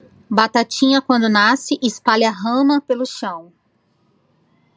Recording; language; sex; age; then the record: short text; Brazilian Portuguese; female; 40 to 49 years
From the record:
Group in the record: control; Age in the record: 42 years